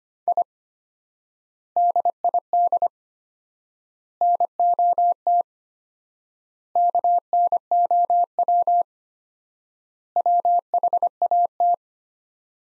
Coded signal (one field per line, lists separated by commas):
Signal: Morse code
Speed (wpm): 25 wpm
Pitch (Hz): 700 Hz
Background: none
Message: I DID NOT KNOW WHAT